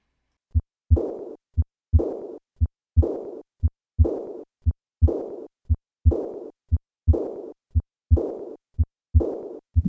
A patient with severe aortic regurgitation and a systolic ejection murmur. Typically, this ejection murmur peaks before the second half of systole.